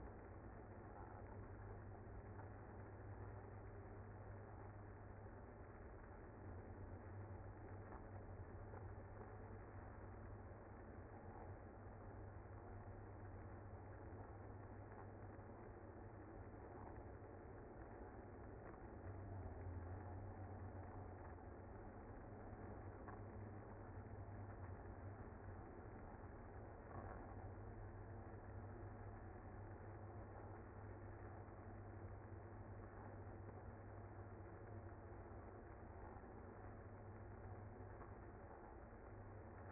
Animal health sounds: honeybee colony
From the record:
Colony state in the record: active

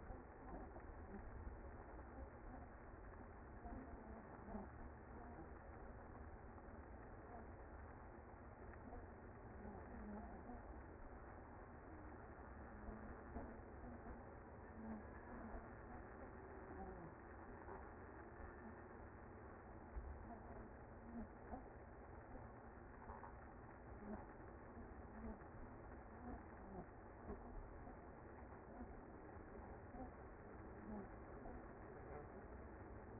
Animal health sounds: honeybee colony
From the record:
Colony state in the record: active

